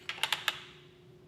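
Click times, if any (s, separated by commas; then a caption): 0.1 s, 0.2 s, 0.3 s, 0.5 s. An air hose is pulled out from a spring reel until the ratchet pawl clicks, then let go slowly so the reel latches and locks in place. Four sharp ratchet clicks sound at 0.1, 0.2, 0.3 and 0.5 seconds over a steady low hum, then fade into quiet. The reel is locked.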